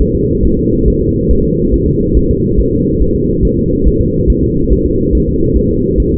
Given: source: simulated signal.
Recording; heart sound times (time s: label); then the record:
fetal heart sounds
0.02 s: S1
0.16 s: S2
0.45 s: S1
0.59 s: S2
0.88 s: S1
1.02 s: S2
1.31 s: S1
1.45 s: S2
1.74 s: S1
1.88 s: S2
2.17 s: S1
2.31 s: S2
2.60 s: S1
2.73 s: S2
3.02 s: S1
3.16 s: S2
3.45 s: S1
3.59 s: S2
3.88 s: S1
4.01 s: S2
4.30 s: S1
4.44 s: S2
4.72 s: S1
4.86 s: S2
5.15 s: S1
5.29 s: S2
5.57 s: S1
5.71 s: S2
6.00 s: S1
6.14 s: S2
From the record:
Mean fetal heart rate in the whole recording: 140 bpm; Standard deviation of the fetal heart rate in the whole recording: 2 bpm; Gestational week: 34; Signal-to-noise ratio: -15.3 dB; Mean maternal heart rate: 72 bpm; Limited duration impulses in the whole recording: present